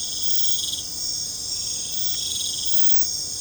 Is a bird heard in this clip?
no